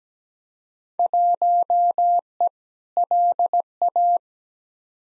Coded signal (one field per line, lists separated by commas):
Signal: Morse code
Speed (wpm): 17 wpm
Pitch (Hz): 700 Hz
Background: none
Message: 1E LA